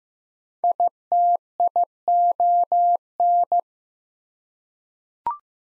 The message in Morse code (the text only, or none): ITION